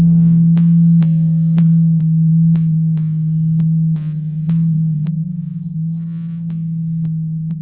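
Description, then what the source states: Blue whale call: a steady, very low droning tone held throughout, with regular faint clicks roughly every half second above it. Recorded in the Atlantic.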